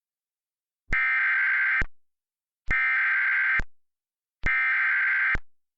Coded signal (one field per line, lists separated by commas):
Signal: Emergency Alert System (SAME) tones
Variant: header bursts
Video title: What a lovely day ain't it? - EAS Mock